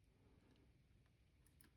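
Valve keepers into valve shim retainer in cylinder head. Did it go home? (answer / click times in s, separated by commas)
no / none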